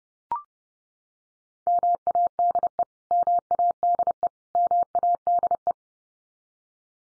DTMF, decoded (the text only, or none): none